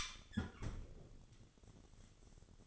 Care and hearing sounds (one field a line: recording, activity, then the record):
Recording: daily activity, microphone in the room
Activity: close fridge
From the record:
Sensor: 4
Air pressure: 1008.6 hPa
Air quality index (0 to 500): 70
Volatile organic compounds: 1 ppm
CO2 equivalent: 621 ppm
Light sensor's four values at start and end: 15/34/14/14 and 15/35/14/14